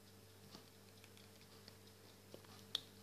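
A replacement LCD screen and glass assembly, heated with a hair dryer because of the glue, is pressed by hand into the body of a Sony Xperia M2 D2303 smartphone. Faint taps are heard around 0.5, 1.0 and 1.7 seconds, then a sharper tick at 2.8 seconds and a small one at 3.0 seconds, over a steady low hum. The assembly does not go in as wanted, and nothing has seated or clicked yet.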